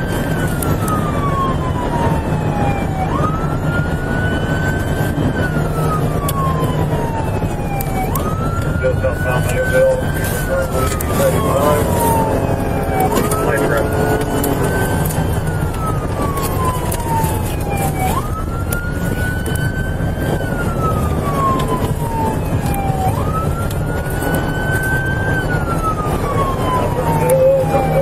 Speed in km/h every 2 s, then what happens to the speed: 116, 113, 118, 106, 106, 109, 122, 109, 109, 106, 108, 111, 113, 116.
0-6 slows to 106. 6-12 speeds up to 122. 12-17 slows to 106. 17-28 steady at about 111.